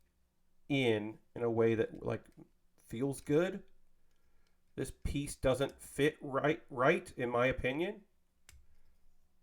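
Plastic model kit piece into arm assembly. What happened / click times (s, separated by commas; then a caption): Handled, not yet home: the plastic part has not seated / none. Someone talks while handling a plastic model kit piece on the arm assembly of a Hy-Gogg HG kit, a piece that did not fit right. A brief, faint tick sounds near 8.5 s as the talking stops. Nothing has seated or clicked into place yet.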